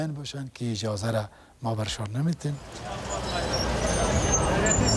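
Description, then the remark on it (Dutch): A voice talks for a couple of seconds, then steady street noise takes over on the busy streets of Bazarak, capital of Panjshir, Afghanistan: the broad rumble and hiss of cars coming and going and other traffic, with a faint murmur of people shopping underneath. “Auto's rijden af en aan en er wordt volop gewinkeld.”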